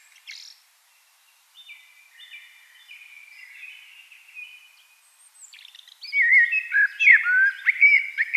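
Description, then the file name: Eurasian blackbird song: quiet high twittering notes for several seconds, then loud fluty warbled phrases near the end. "Turdus merula"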